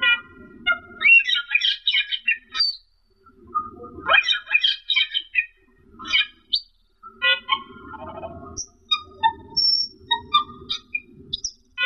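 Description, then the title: Asian glossy starling song: a jumble of sharp squawks, metallic chirps and short whistles in bursts, with pauses and a low rumbling hum beneath. "Suara Burung Cucak keling"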